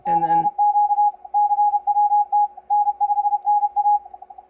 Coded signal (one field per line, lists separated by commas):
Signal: Morse code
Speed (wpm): 32 wpm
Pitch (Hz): 830 Hz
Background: none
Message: CQ CWT N5NA